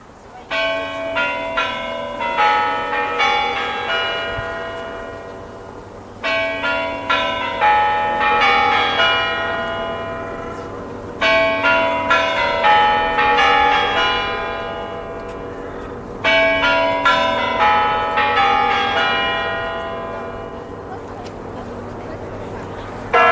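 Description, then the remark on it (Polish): The Kremlin tower clock, on its best-known tower with the largest ruby star, rings out its chimes in a slow, repeating melodic phrase of bright, resonant bell tones, each strike overlapping and ringing on, played alone in several sweeping cycles. “Kremlowski zegar zwierzy, tej najbardziej znanej, z największą rubinową gwiazdą, wybił właśnie nam kurantami znak, że powinniśmy zacząć już naszą audycję,”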